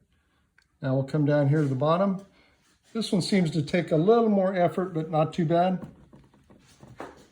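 On a Tesla Model 3, the bottom ball socket of a Hansshow power trunk strut is being pushed onto the lower body ball stud, which takes a little more effort. Someone talks throughout, with a few faint handling knocks near the end. Nothing has seated or snapped in yet.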